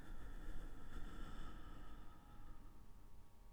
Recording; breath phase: one breath near a microphone; exhalation